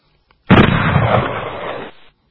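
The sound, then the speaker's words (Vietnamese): A single bomb, the last one of a bombing, explodes nearby in the jungle with a sudden heavy, booming crack, then rolls on as a loud, rumbling roar for about a second and a half before cutting off. “Một trái bom cuối cùng nổ lẻ loi sát bên.”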